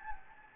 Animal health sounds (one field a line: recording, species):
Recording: mosquito wingbeat signal from an infrared sensor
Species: Anopheles gambiae